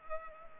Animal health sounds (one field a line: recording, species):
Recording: mosquito wingbeat signal from an infrared sensor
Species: Culex pipiens